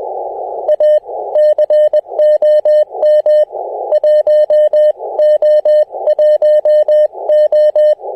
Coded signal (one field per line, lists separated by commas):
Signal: Morse code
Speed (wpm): 20 wpm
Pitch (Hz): 600 Hz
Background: music, radio noise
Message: A COM 1 O 1 O